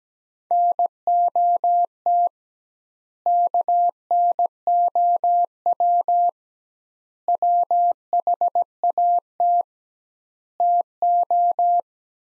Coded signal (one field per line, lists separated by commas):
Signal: Morse code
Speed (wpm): 17 wpm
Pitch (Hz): 700 Hz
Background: none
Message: NOT KNOW WHAT TO